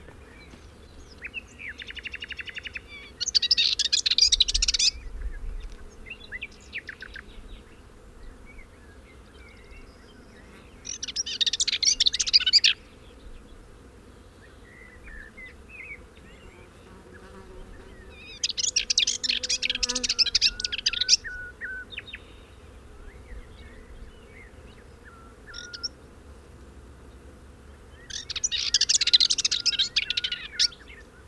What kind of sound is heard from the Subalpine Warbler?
song